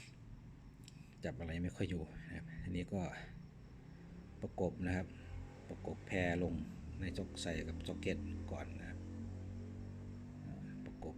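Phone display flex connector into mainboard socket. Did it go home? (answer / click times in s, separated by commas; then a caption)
yes / 10.9 s, 11.0 s. A Vivo Y15 replacement screen's display flex cable connector is pressed onto its mainboard socket while someone talks over faint background music. Two short clicks at 10.9 s and 11.0 s mark the connector snapping into place and locking in.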